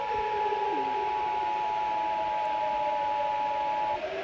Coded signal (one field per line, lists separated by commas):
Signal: Emergency Alert System (SAME) tones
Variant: 853 and 960 Hz attention tone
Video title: America/USA EAS Alarm (Broadcast ver.) #funny #shorts #america #usa #easalarm #emergency #dead